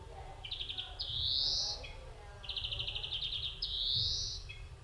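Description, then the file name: European greenfinch song alternating fast twittering trills with long buzzy rising wheezes, two cycles over five seconds, over a constant low rumble. "Chloris chloris"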